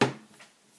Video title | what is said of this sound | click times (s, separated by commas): Unboxing of the I-Blason "Executive Leather Case" for iPad Mini | close this, and the bracket snaps in place. | 0.0 s